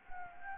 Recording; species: mosquito wingbeat signal from an infrared sensor; Anopheles gambiae